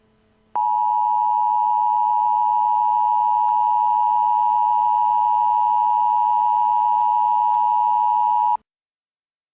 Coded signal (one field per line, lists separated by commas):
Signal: Emergency Alert System (SAME) tones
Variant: 853 and 960 Hz attention tone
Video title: EAS Interrupts Nickelodeon's Worldwide Day of Play